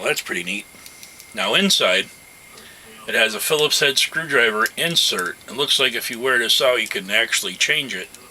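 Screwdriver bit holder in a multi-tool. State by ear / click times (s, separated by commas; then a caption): not seated / none. A Phillips screwdriver insert in the bit holder of a multi-tool is handled while someone talks throughout. Nothing has seated or clicked into place yet.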